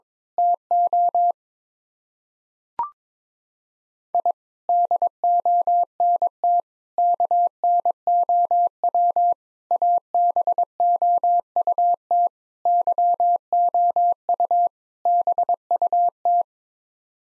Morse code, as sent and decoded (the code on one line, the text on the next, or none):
- --- / .. / -.. --- -. - / -.- -. --- .-- / .- -... --- ..- - / -.-- --- ..- / -... ..- -
TO I DONT KNOW ABOUT YOU BUT